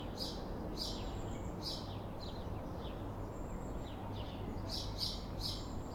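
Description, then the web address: Sparrows chirp irregularly over a steady low rumble of traffic. Sparrows on a town street on a calm afternoon, with traffic. "Systematic-Sound - General Ambience Series – Towns Villages 01 AMB TOWN Street Calm Afternoon Sparrows Traffic"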